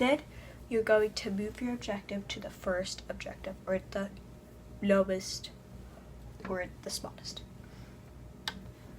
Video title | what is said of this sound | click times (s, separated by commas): Episode 2: Notebook Check & Looking at Sugar PART 1 | Make sure you hear the click. | 8.5 s